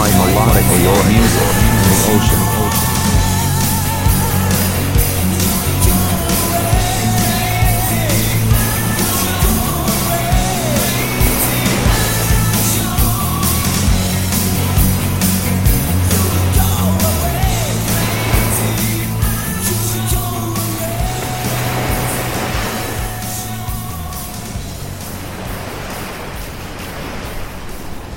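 Melodic rock music with a steady, regular drumbeat and a firm bass line holding sustained low notes. A singing voice or lead line rises and bends above it, and the whole mix gradually fades quieter over the last several seconds.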